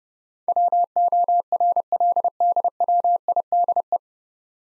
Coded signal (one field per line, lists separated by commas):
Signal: Morse code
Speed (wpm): 30 wpm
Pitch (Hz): 700 Hz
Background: none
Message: WORLDWIDE